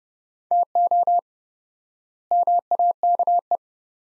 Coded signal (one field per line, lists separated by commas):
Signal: Morse code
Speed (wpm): 30 wpm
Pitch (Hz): 700 Hz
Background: none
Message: TO MAKE